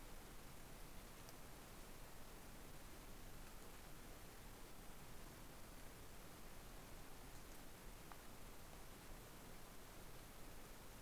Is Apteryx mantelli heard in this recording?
no